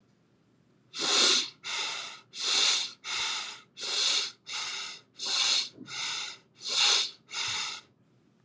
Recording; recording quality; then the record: shallow breathing; excellent, no background noise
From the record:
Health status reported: healthy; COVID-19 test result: negative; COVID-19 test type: RT-PCR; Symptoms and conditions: sore throat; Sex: male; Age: 32 years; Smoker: no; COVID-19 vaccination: both doses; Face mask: not worn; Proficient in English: yes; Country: United States